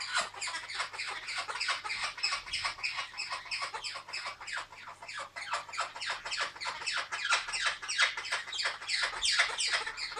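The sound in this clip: Blue-headed parrot calls, a dense series of sharp, screechy downslurred notes tumbling rapidly one after another, several per second, continuous throughout.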